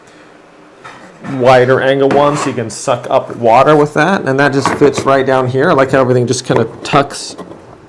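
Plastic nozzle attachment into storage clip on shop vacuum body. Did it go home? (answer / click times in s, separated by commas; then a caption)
no / none. A wide plastic floor nozzle attachment for a cordless compact wet/dry shop vacuum is handled and moved toward its storage clip on the vacuum body while someone talks, with a few faint handling knocks under the voice. Nothing has seated or clicked yet.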